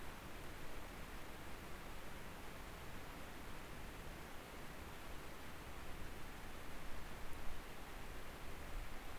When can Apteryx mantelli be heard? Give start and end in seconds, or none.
none